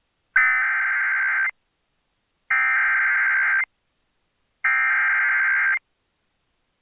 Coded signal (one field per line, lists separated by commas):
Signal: Emergency Alert System (SAME) tones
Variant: header bursts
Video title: EAS Timeline | Destructive February PDS Tornadoes in Wisconsin and AMBER Alerts | NOAA Weather Radio